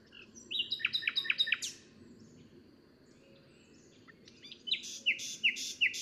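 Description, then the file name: Common nightingale singing a rapid series of repeated sharp notes, a short pause with faint notes, then a new burst of high repeated notes, with background noise underneath. "Luscinia megarhynchos"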